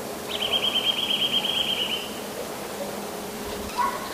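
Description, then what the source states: Eurasian nuthatch calling with a rapid, high, rattling trill of nearly two seconds, followed later by a short lower note. Recorded in frost.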